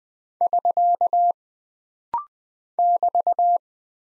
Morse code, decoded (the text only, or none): <SK> <BT>